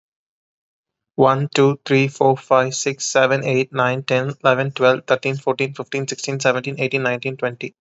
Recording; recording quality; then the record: counting at a fast pace; excellent, no background noise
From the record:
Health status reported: exposed to COVID-19, no respiratory illness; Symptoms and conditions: none ticked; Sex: male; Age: 26 years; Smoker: not ticked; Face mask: not worn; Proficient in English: yes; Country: India